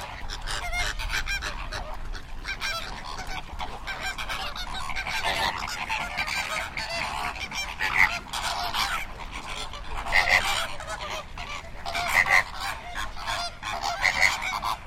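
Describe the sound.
Flamingos calling as a flock, a dense gabbling chorus of nasal goose-like honks, with louder double honks standing out roughly every two seconds in the second half.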